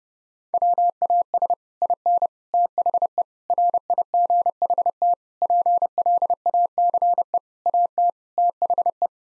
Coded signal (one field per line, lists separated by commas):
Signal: Morse code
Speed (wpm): 30 wpm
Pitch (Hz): 700 Hz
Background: none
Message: WAS IN THE RIGHT PLACE AT THE